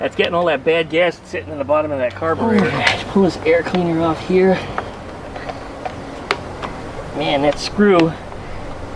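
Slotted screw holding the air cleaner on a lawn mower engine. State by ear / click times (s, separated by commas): stripped / 6.3 s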